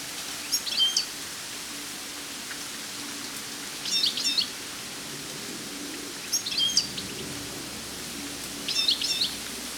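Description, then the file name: European goldfinch calls: four short bursts of high, twittering notes a few seconds apart, over a steady hiss. "Carduelis carduelis"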